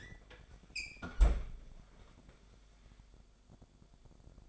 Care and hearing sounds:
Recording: daily activity, microphone in the room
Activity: close fridge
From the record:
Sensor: 5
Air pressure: 1004.7 hPa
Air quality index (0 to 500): 155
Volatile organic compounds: 3 ppm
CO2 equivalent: 1465 ppm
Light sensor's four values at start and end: 23/53/21/20 and 22/51/20/19

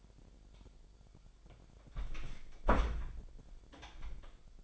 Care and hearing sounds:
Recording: daily activity, microphone in the room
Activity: close door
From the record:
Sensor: 5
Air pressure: 1007.2 hPa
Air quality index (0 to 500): 167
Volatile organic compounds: 4 ppm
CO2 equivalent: 1598 ppm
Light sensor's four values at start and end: 56/158/61/61 and 56/158/61/62

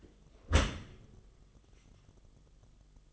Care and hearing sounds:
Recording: daily activity, microphone in the room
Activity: close dishwasher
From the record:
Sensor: 4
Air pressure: 1005.6 hPa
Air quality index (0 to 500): 113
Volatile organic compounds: 3 ppm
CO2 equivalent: 1405 ppm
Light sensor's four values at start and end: 11/24/10/9 and 11/25/10/10

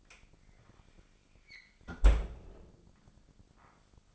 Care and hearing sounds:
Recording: daily activity, microphone in the room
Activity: close fridge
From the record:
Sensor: 5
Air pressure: 995.3 hPa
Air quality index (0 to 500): 90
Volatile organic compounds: 4 ppm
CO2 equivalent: 1688 ppm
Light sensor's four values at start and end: 38/92/37/38 and 35/85/34/35

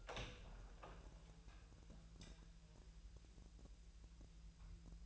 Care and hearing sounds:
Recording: daily activity, microphone in the room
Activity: open door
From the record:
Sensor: 2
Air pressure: 1001.3 hPa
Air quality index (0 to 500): 247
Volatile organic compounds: 84 ppm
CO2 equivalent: 3642 ppm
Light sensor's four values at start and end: 10/23/10/10 and 10/24/10/10

